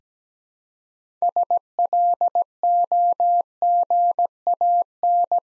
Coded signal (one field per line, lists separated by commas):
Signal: Morse code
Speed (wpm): 17 wpm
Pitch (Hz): 700 Hz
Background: none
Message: SLOGAN